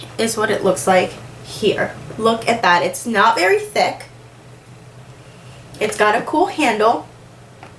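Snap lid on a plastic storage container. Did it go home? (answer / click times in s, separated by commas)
yes / 7.6 s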